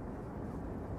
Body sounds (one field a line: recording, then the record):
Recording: background sound without coughing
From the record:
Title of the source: Train Ride Ambience ambient white noise for sleeping, focus, studying, reading